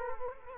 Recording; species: mosquito wingbeat signal from an infrared sensor; Culex quinquefasciatus